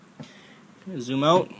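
A removable frosted acrylic sheet is being handled for fitting into its supports in the waterfall sump enclosure. Someone talks, with a faint soft sound near 0.2 s. Nothing has seated or clicked yet.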